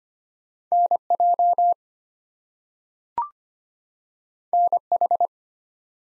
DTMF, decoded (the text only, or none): none